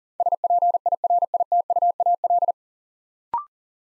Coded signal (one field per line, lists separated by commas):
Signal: Morse code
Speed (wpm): 41 wpm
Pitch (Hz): 700 Hz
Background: none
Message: SPIRITUAL